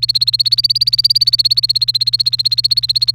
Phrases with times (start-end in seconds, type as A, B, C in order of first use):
0.00-3.15 A